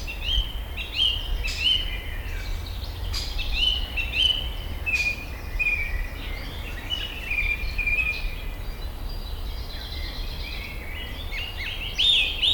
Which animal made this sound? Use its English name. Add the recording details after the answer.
Song Thrush. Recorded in the wild. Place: Schloßpark Niederschönhausen, Berlin, DE. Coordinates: 52.58, 13.4. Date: 1996-05-18 12:30. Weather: sonnig, 17°C. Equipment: Sony MD-WM MZ-R3, Sennheiser MKH 416 T, Kopie Uher 4000 Report Monitor. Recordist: Tembrock, Günter